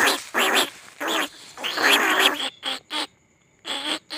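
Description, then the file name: Rice-field rat squeals, harsh nasal bursts in irregular clusters with a longer chattering run midway, then brief quiet gaps. Lure call recording. "tieng goi chuot dong"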